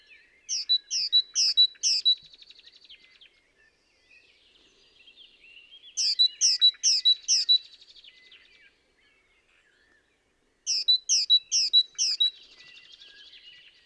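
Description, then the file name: Great tit song phrases of a few ringing two-note units, repeated about every five seconds, each followed by quieter scratchy chatter. "Parus major"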